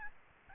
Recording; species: mosquito wingbeat signal from an infrared sensor; Aedes albopictus